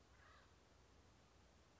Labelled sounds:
Acorn Woodpecker
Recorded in Sonoma County, California

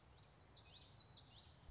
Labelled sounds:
Common Yellowthroat
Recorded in Sonoma County, California

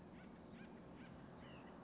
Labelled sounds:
White-breasted Nuthatch
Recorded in Sonoma County, California

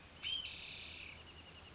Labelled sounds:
Spotted Towhee
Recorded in Sonoma County, California

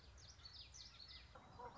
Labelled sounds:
Common Yellowthroat
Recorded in Sonoma County, California

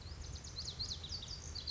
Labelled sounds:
Pacific Wren
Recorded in Sonoma County, California

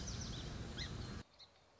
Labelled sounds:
Song Sparrow
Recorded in Sonoma County, California

